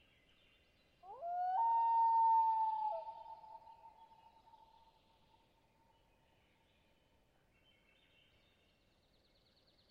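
A common loon gives a single long wail starting around one second in, rising sharply then holding a steady, pure mid-pitched tone that slowly fades by about five seconds. Faint, high bird chatter lingers afterward.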